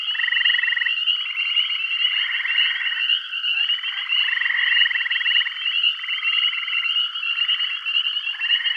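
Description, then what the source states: Chorus of frogs giving rattling pulsed trills that overlap almost continuously, with a steady piercing tone behind them. Bath County.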